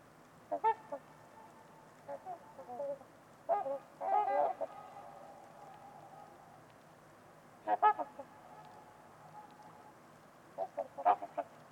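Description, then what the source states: Trumpeter swans giving resonant, nasal honks in short bouts of a few notes, spaced by pauses, over a quiet, steady background hiss. Trumpeter swans at Winters Lake on a winter evening, in a quiet, deep valley, with distant white noise; recorded by Nick McMahan.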